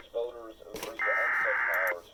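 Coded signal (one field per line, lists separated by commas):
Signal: Emergency Alert System (SAME) tones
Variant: header bursts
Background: speech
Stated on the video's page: Required Weekly Test.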